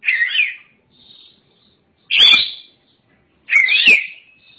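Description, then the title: Oriental magpie-robin giving three loud, short warbled phrases separated by near silence. Chirping song (kicauan) of the bird. "Suara Kicauan Burung Kacer Durasi Panjang"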